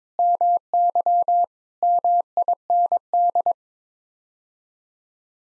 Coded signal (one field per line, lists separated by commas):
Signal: Morse code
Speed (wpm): 22 wpm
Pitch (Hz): 700 Hz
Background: none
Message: MY MIND